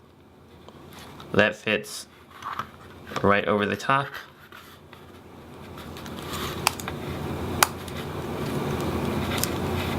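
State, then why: Seated. Someone talks while the plastic top piece (part A5) of a 6-in-1 solar robot kit gearbox is pressed over the gearbox housing. Two sharp plastic clicks ring out at 6.7 s and 7.6 s over a rising rustle of handling as the top cover snaps into place on the housing.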